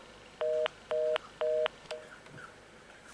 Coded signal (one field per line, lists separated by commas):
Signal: telephone call progress tone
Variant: North America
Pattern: reorder tone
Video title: My Old 1961 Western Electric 500 Telephone